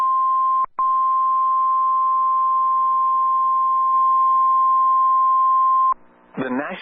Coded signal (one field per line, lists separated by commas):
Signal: Emergency Alert System (SAME) tones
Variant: 1050 Hz attention tone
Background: speech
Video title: All EAS Severe Thunderstorm Warnings I caught in May 2026 using weatherusa.net (EAS #61 - EAS #69)